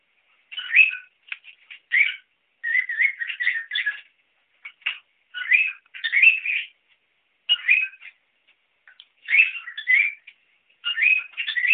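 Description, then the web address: Cockatiel singing a near-continuous series of chirps and short warbled trills, its clusters of whistled notes following one another with only brief breaks. "corella cantando trinos"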